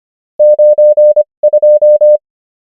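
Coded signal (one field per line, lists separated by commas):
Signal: Morse code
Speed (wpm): 25 wpm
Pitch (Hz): 600 Hz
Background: none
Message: 92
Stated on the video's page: Morse practice of numbers at 25 wpm character speed and 21 wpm word speed, Farnsworth spacing.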